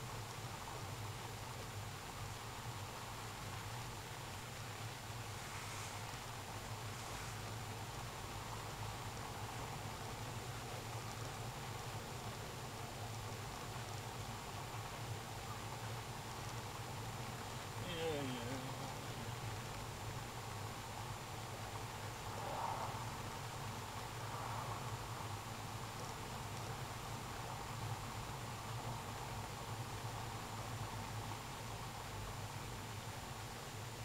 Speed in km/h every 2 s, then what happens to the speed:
20, 20, 20, 21, 22, 23, 23, 22, 22, 22, 22, 21, 22, 23, 24, 22, 20.
0-34 steady at about 22.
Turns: none.